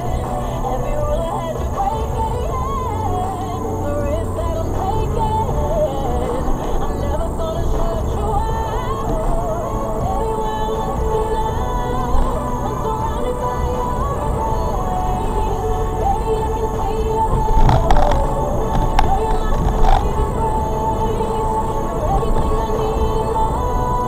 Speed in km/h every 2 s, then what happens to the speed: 23, 24, 34, 48, 48, 47, 44, 40, 42, 45, 52, 56.
0-6 speeds up to 48. 6-15 slows to 40. 15-24 speeds up to 56.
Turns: none.